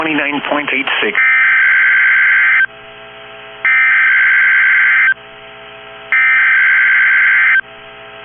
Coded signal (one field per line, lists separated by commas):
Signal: Emergency Alert System (SAME) tones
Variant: header bursts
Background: speech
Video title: EAS #1,960 Online NOAA Weather Radio Tornado Watch #305 5/20/25